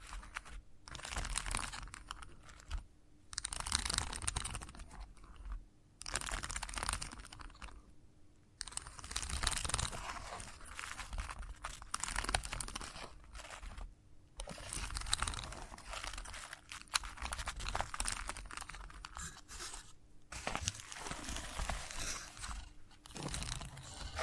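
Chalk scratching and scraping in dense, gritty bursts, each lasting a second or two and separated by brief silent pauses. The strokes are bright and rasping with a crumbly, crunching texture, and a faint low steady hum runs underneath throughout.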